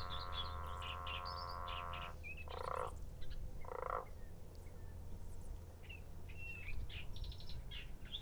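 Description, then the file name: Growling grass frog growling for about two seconds, then two short throaty notes about a second apart, among scattered high bird chirps and a constant low hum. Recorded at the Western Treatment Plant on 23 January 2016. "growling-grass-frog wtp-23-jan-2016"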